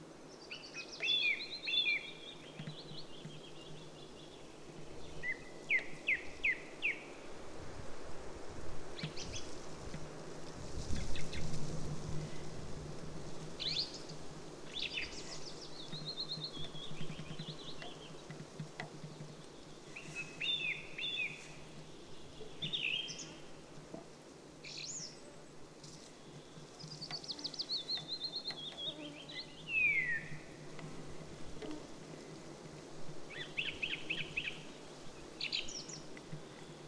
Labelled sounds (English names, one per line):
Song Thrush song